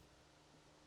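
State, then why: Not seated. A plastic side panel is being refitted onto the body of a 2021+ Polaris 850 Indy VR1 snowmobile by inserting its upper tab and rotating it toward the lower tab, with only steady broadband hiss and faint rustling audible. The panel is handled but not yet home; nothing has seated or clicked yet.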